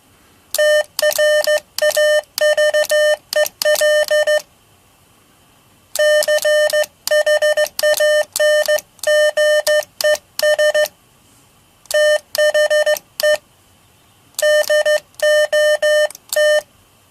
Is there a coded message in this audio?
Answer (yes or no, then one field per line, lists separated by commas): yes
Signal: Morse code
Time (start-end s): 0.6-16.6 s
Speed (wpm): 14 wpm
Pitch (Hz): 600 Hz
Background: none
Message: TRAVEL CHANGES THE DOT